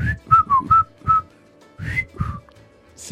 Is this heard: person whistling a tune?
yes